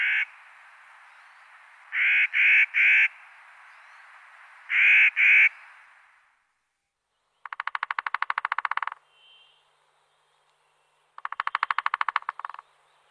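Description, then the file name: Three-toed woodpecker with two quick drum rolls near the end, preceded by groups of harsh, buzzy calls given two or three at a time. "Canto do pica pau tridactilo"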